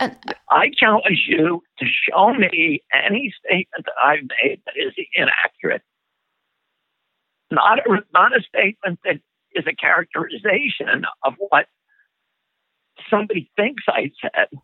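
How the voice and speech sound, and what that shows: Adult man speaking in an interview, with the strained, shaking voice of spasmodic dysphonia, a condition of the muscles in the throat.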